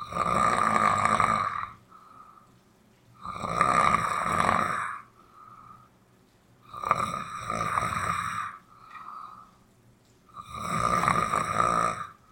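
An adult sleeper snoring, with loud rough snores recurring roughly every three to four seconds and quieter breaths between them, forming part of the sound poem 'material do poeta sonhante' by Luis Bravo.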